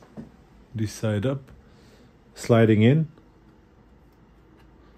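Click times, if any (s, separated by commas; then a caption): none. A SIM card is lined up by its notch and slid into the SIM slot of a ZTE 5G router, but it is not yet pushed home, so nothing has seated or clicked yet. A faint tap is heard near 0.2 s, and someone talks twice over the handling.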